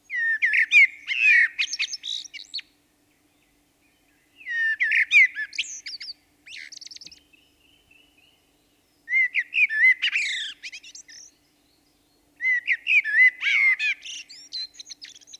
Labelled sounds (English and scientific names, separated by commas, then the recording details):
Song Thrush (Turdus philomelos) song
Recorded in the wild
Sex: male
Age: adult
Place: Breitenbach, Baden-Württemberg, DE
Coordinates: 49.0417, 10.2128
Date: 1971-04-28
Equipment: Uher Report 4200, Scotch-Classic 19cm, AKG D190C in Doppelparabolreflektoren
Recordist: Krey, Winfried